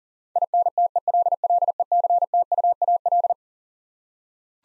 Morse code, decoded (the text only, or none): INTELLECTUAL